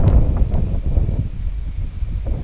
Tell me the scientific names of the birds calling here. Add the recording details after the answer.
none. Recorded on Arctic tundra, site IGLO-D, on 19 June 2018. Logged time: 22:00